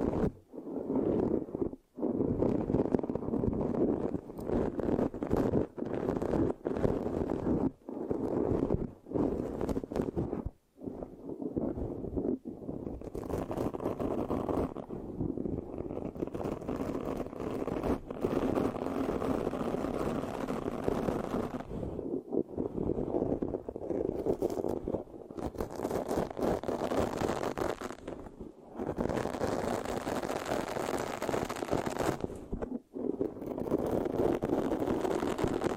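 Mic scratching fills the whole stretch, a dense, rough, sticky rubbing that stays mostly in the low and middle range with brighter crackle on top. Short silent gaps break it irregularly, more often in the first fifteen seconds, and no voice is heard.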